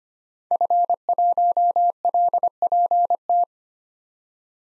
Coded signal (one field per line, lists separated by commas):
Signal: Morse code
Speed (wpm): 25 wpm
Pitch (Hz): 700 Hz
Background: none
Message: F1LPT